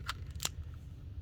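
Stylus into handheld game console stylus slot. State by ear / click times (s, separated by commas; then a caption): not seated / none. An aftermarket plastic stylus is pushed into the stylus slot of a pearl pink Nintendo 3DS handheld console. Two brief, sharp plastic ticks are heard at about 0.1 and 0.5 s, with fainter taps near 0.3, 0.4 and 0.7 s over a low steady hum. The stylus does not snap in because it is not an original stylus, so nothing has seated or clicked yet.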